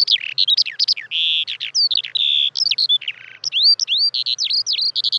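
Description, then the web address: Eurasian skylark song, a fast, unbroken stream of varied chirps, trills and rising whistles, bubbling on without pause. "fugler sanglerke"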